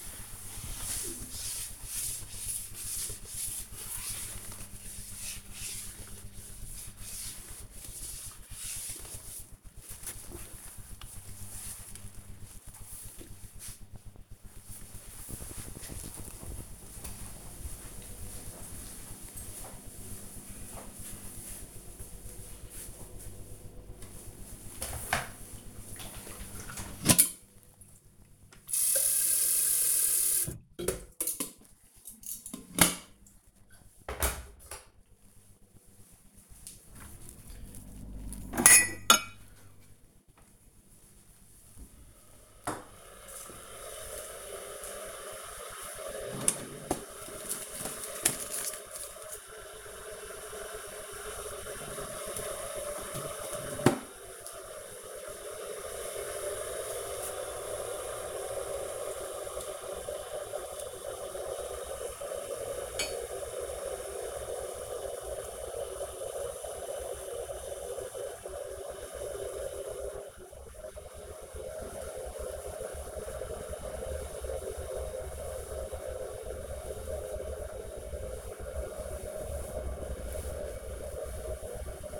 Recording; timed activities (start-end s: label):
household activities, microphone on the right wrist
0.00-10.76 s: window cleaning
23.82-82.20 s: making tea